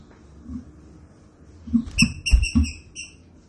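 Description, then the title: Green-winged saltator song, a burst of four or five quick clear whistled notes with strong overtones, overlapping low thuds and knocking noises. Classic song style; training recording. "Canto Clássico Trinca Ferro"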